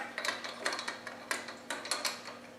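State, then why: Not seated. A metal locking timing pin is pushed at the timing hole in the injector pump hub of a Spanish 110 engine, giving sharp metallic taps and clinks at about 0.2, 0.7, 0.9, 1.3, 1.7 and 1.9 s. The pin does not enter the hole, and nothing has seated or clicked yet.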